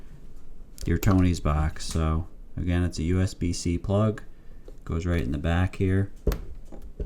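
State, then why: Seated. A USB-C power plug is pushed into the socket on the back of a Toniebox 2 children's audio player box while someone talks. A sharp snap at 6.3 s shows the plug seated, followed by a few faint clicks.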